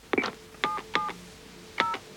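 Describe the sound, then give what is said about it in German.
A telephone number is dialed: about five short electronic keypad tones, each a bright two-pitched beep with a click, coming in an uneven rhythm with brief pauses between them. No voices. “Er telefoniert jetzt.”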